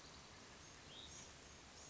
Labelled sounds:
Hutton's Vireo
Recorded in Sonoma County, California

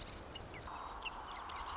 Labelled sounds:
Marsh Wren
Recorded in Sonoma County, California

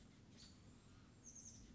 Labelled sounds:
Oak Titmouse
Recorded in Sonoma County, California

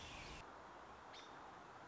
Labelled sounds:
American Robin
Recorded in Sonoma County, California

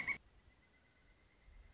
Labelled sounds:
Pileated Woodpecker
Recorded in Sonoma County, California

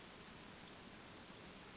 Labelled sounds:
Western Flycatcher
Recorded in Sonoma County, California

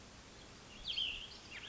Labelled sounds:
Cassin's Vireo
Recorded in Sonoma County, California

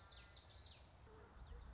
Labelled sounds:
Common Yellowthroat
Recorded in Sonoma County, California

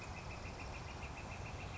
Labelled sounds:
Northern Flicker
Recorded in Sonoma County, California

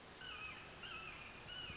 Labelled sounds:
Red-shouldered Hawk
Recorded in Sonoma County, California

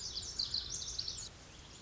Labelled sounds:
Lazuli Bunting
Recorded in Sonoma County, California

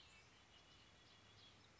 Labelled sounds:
Red-winged Blackbird
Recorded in Sonoma County, California

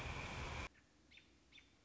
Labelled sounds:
American Robin
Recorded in Sonoma County, California

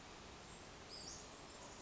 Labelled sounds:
Western Flycatcher
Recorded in Sonoma County, California

